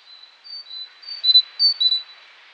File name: Parus major